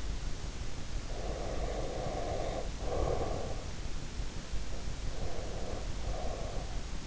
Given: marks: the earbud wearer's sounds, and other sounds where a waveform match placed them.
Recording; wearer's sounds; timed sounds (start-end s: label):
sounds in sleep by an in-ear microphone; breath
0.95-3.88 s: breath
4.92-7.00 s: breath